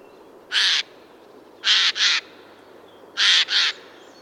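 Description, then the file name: Eurasian jay giving harsh, rasping screeches: one single call, then two quick doubled pairs about a second and a half apart. "Garrulus glandarius"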